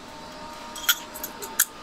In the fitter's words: Clicks right in, ready to go.